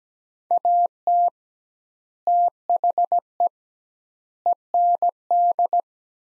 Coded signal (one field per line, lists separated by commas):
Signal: Morse code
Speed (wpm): 17 wpm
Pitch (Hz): 700 Hz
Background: none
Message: AT THE END